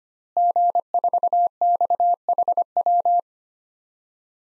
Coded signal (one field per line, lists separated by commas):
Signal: Morse code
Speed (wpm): 25 wpm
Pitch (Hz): 700 Hz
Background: none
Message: G4XHW